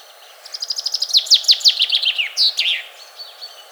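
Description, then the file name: Common chaffinch song: one full phrase of falling notes that closes with a sharp, emphatic flourish, followed by faint high notes. "Fringilla coelebs"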